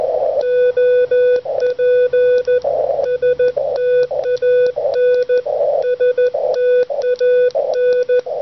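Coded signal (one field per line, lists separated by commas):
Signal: Morse code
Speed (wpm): 15 wpm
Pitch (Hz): 500 Hz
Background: none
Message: OP STAN STAN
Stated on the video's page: Front-porch QRP DXpedition using an Elecraft K1 into a 44-foot doublet antenna.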